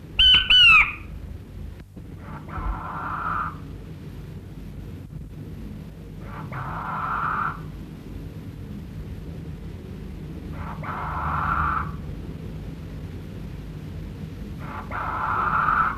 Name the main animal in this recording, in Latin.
Excalfactoria chinensis